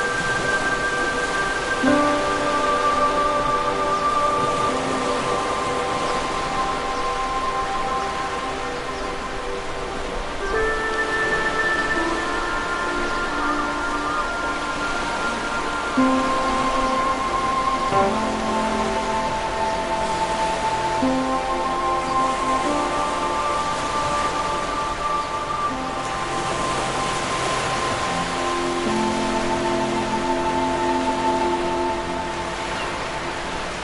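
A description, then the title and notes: Ocean waves make a steady, hissing wash at an even level throughout. Soft, sustained music tones sit on top, their notes shifting every few seconds, with a few brief chirps scattered among them. Ocean Waves, Seagulls, Birds, Relaxing Music & Nature Sounds. Gentle ocean waves serenade the shore, as seagulls gracefully soar overhead, their calls blending harmoniously with the chorus of enchanting birdsong.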